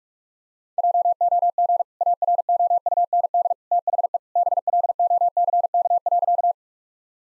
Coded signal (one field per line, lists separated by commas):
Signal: Morse code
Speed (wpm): 46 wpm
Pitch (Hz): 700 Hz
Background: none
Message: JOG AROUND THE BLOCK.